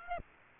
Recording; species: mosquito wingbeat signal from an infrared sensor; Aedes aegypti